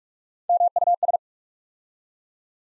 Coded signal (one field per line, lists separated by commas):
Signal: Morse code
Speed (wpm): 44 wpm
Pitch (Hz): 700 Hz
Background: none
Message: MUS